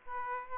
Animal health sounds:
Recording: mosquito wingbeat signal from an infrared sensor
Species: Aedes aegypti

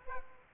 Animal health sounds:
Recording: mosquito wingbeat signal from an infrared sensor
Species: Aedes aegypti

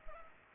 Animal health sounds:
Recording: mosquito wingbeat signal from an infrared sensor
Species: Culex pipiens

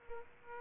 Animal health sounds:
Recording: mosquito wingbeat signal from an infrared sensor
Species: Aedes aegypti

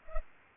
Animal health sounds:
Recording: mosquito wingbeat signal from an infrared sensor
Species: Culex pipiens

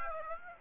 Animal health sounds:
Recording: mosquito wingbeat signal from an infrared sensor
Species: Aedes aegypti

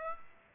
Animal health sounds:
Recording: mosquito wingbeat signal from an infrared sensor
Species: Aedes aegypti

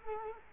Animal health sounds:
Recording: mosquito wingbeat signal from an infrared sensor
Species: Culex quinquefasciatus

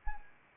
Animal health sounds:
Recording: mosquito wingbeat signal from an infrared sensor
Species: Anopheles arabiensis

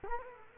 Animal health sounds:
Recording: mosquito wingbeat signal from an infrared sensor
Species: Culex quinquefasciatus

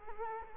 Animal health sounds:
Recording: mosquito wingbeat signal from an infrared sensor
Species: Culex quinquefasciatus

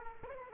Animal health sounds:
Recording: mosquito wingbeat signal from an infrared sensor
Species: Aedes aegypti

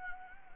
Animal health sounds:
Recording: mosquito wingbeat signal from an infrared sensor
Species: Anopheles gambiae

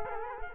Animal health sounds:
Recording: mosquito wingbeat signal from an infrared sensor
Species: Culex quinquefasciatus

